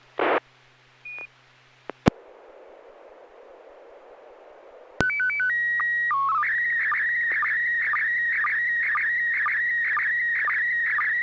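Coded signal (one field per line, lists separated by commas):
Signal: SSTV (slow-scan television)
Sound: clicks and hiss, then a steady high tone, quick warbling header, then continuous buzzing warble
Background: FM radio hiss, squelch clicks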